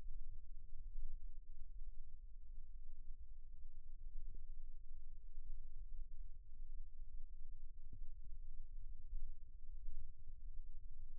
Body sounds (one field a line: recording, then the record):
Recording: forearm muscle sounds (acoustic myography)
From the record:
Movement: rest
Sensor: system 1, eight BSWA MPA416 microphones around the upper forearm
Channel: 6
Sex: male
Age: 54 years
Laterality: right